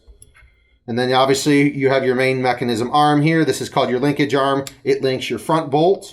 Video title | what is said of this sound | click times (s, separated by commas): Tippmann 98 Custom Maintenance, Repairs & Troubleshooting - Lone Wolf Paintball Michigan | that obviously you could push the latch up and down up and down everything will lock into place and | 0.2 s